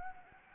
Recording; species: mosquito wingbeat signal from an infrared sensor; Anopheles gambiae